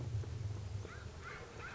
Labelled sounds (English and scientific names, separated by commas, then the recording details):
American Crow (Corvus brachyrhynchos)
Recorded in Sonoma County, California